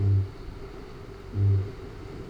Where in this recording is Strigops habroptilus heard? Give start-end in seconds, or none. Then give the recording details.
0.00-2.29. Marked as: faintness 2/5. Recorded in New Zealand. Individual Arab